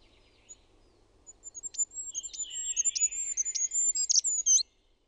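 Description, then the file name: Goldcrest gives one high, thin song phrase of fast repeated notes building to a short ornamented ending. "HIPPIAINEN"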